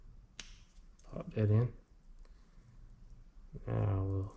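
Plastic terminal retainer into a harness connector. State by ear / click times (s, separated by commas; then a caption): seated / 0.4 s. A small plastic terminal retainer is pressed into a wiring harness connector and gives a single sharp snap at 0.4 s, seating it. Fainter ticks follow, and someone talks briefly afterward.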